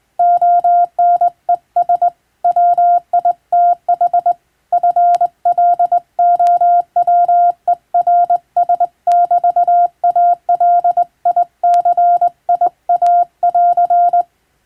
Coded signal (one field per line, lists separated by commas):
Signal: Morse code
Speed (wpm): 21 wpm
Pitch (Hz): 700 Hz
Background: none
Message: ONES WITH FLOWERS<BT>ALICIA<AR>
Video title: 【船舶無線通信士】手打ちで打つ懐かしいモールス符号、昔はラジオでよく聞こえました。船と陸との唯一の通信手段、大変貴重な無線通信でした。受信トレーニングにどうぞ morse code practice